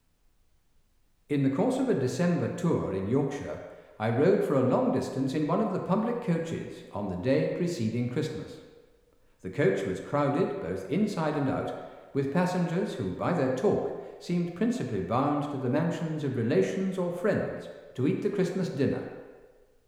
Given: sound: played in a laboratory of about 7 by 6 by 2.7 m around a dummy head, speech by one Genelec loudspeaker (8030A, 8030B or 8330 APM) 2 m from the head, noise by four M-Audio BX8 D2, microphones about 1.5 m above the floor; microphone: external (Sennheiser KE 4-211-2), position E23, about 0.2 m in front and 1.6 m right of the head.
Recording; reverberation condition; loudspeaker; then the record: male speech in English; high; 60 degrees to the right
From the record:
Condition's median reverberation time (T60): about 1300 ms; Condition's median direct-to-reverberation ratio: about -4.0 dB